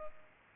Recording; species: mosquito wingbeat signal from an infrared sensor; Culex pipiens